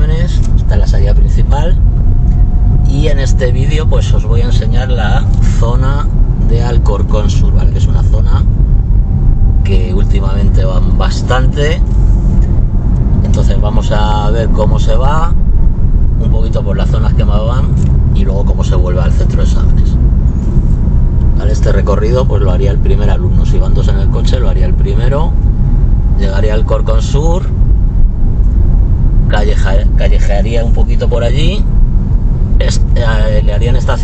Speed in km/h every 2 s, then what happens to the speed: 24, 26, 27, 27, 27, 29, 32, 33, 33, 32, 30, 28, 27, 26, 27, 26, 24.
0-13 speeds up to 33. 13-34 slows to 24.